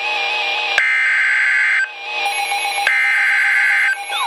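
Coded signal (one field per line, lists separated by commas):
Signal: Emergency Alert System (SAME) tones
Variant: header bursts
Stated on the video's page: Flash Flood Warning and Severe Thunderstorm Warning received from NOAA Weather Radio station serving Milwaukee, Wisconsin.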